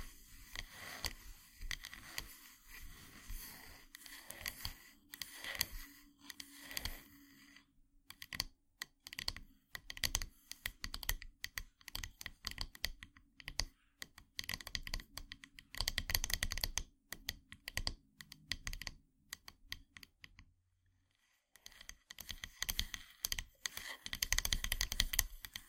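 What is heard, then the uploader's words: Wooden ASMR triggers: rapid, dense clicking and tapping like typing, nearly continuous, with brief pauses near eight and twenty-one seconds. ASMR Wooden Triggers 1hour（No Talking）.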